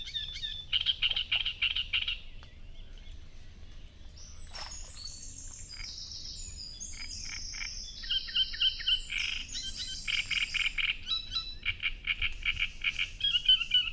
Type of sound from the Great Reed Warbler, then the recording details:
song. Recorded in the wild. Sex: male. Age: adult. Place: Parsteinwerder, Parsteiner See, Brandenburg, DE. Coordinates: 52.9547, 13.975. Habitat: reed. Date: 2007-06-06 05:04. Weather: overcast, ca. 15°C, no wind. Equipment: Sound Devices 702, Sennheiser MKH 416 T, Windkorb. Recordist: Frommolt, Karl-Heinz